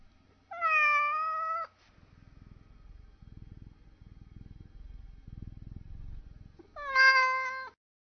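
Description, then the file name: Cat meowing: two long, drawn-out meows several seconds apart, with low rustling and thumping between them. Upset. "torre upset tabby cat"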